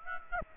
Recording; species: mosquito wingbeat signal from an infrared sensor; Aedes aegypti